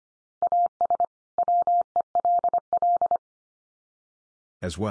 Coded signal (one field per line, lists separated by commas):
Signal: Morse code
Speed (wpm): 25 wpm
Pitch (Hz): 700 Hz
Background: none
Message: AS WELL